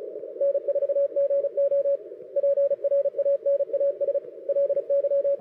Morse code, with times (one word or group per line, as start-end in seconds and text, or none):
0.4-2.0 N4GO
2.4-4.2 PRANAS
4.5-5.4 LY